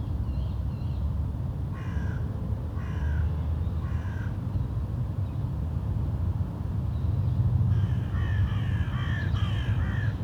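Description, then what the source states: Crow cawing: several spaced harsh caws, then a quicker burst of caws near the end, over a steady low rumble. Crows in Wolvendael Park, Uccle, Belgium; park ambience; recorded with DPA 2006c microphones in AB position, SD Mixpre D and Sony PCM-M10.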